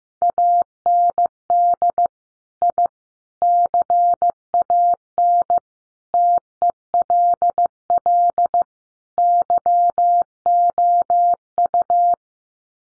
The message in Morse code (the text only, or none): AND I CAN TELL YOU